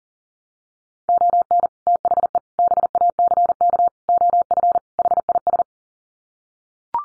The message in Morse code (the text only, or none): ON THE BACK OF HIS